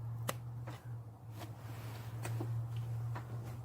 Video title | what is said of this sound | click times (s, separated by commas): How To Remove A Hemi Intake Manifold Part 2 | Pull back on the red tab there and it makes a clicking sound. | 0.3 s